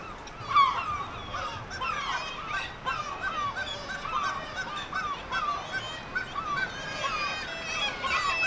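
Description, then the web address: Black-legged kittiwake calls, nasal wailing cries from several birds overlapping in a steady crowd of calls. "sound Black-legged-kittiwake. صدای-پرنده-کاکایی-پاسیاه"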